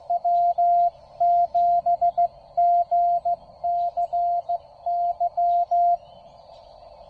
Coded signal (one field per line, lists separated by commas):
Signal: Morse code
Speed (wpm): 16 wpm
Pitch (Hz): 700 Hz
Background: none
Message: W7GCY